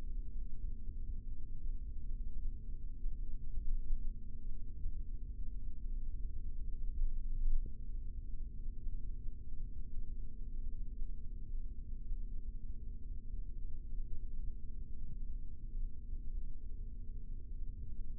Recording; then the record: forearm muscle sounds (acoustic myography)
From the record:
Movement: rest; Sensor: system 3, bracelet of six PUI Audio POM-2738L microphones around the upper forearm, with dedicated amplification and filtering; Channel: 6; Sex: male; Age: 26 years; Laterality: right